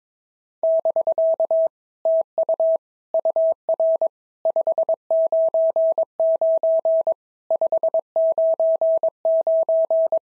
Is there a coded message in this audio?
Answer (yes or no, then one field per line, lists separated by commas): yes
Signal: Morse code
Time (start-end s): 0.6-10.2 s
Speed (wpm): 22 wpm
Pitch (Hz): 650 Hz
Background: none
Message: <BK> TU UR 599 599